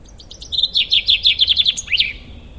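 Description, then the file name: Common chaffinch song, one bright phrase of quick repeated notes ending in a sharp flourish. "Fringilla coelebs"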